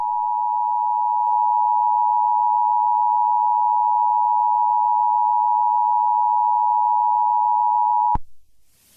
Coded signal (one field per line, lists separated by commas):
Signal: Emergency Alert System (SAME) tones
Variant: 853 and 960 Hz attention tone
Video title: Angry EAS